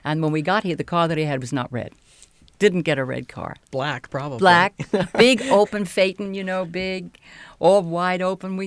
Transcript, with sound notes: And when we got here, the car that he had was not red, didn't get a red car.
Black probably. ( he laughs )
Black. Big open phaeton, you know, big, all wide open.